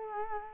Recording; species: mosquito wingbeat signal from an infrared sensor; Culex quinquefasciatus